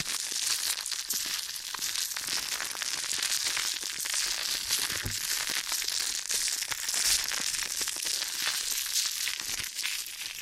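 Close ear and scalp massage sounds, a dense, continuous rustling and crinkling scratch that stays bright and hissy throughout. The rubbing keeps a steady level with small irregular pulses, and a few sharper brushing strokes stand out near five and seven seconds.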